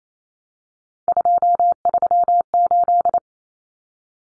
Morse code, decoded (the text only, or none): 238